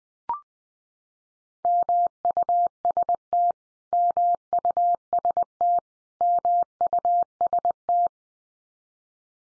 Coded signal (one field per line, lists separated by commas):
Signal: Morse code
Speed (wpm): 20 wpm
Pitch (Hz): 700 Hz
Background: none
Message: MUST MUST MUST